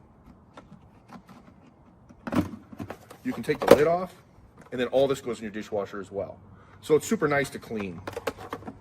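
The plastic lid of a DEIME 7.5 QT 1700W air fryer's oil drain container is handled while someone talks, with a few short knocks and taps of the parts. The clip ends before the lid is pressed back on, so nothing has seated or clicked yet.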